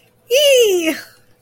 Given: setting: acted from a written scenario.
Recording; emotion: vocal sound without words; positive surprise